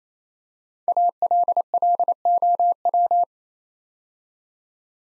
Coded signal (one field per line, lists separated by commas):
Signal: Morse code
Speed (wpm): 27 wpm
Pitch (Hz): 700 Hz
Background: none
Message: ALLOW